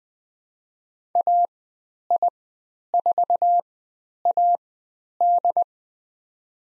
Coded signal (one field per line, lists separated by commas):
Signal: Morse code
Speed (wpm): 20 wpm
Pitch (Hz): 700 Hz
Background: none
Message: AI4AD